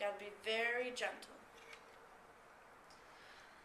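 An oiled metal trumpet piston valve is gently lowered back into the trumpet's valve casing while someone talks. It has not yet been turned to click into place, and no click is heard. Only faint low-level sound remains after the talking stops.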